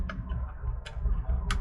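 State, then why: Seated. A carbon monoxide alarm for a Jeanneau 795 NC boat is pushed onto its screwed-on wall mounting plate, then twisted to lock. Sharp clicks at 0.1 s and 1.5 s, with a fainter tick at 0.9 s, sound over a low background rumble, and the alarm is seated on the plate.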